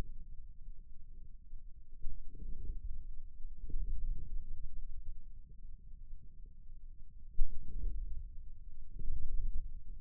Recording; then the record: forearm muscle sounds (acoustic myography)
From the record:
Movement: inward rotation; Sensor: system 2, bracelet of six BSWA MPA416 microphones around the upper forearm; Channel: 1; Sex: male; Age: 22 years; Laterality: right